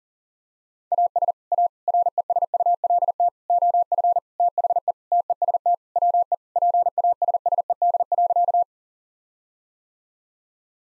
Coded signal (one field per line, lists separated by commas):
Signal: Morse code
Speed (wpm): 37 wpm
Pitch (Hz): 700 Hz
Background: none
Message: AS A RESULT OF THE TEST WE PASSED.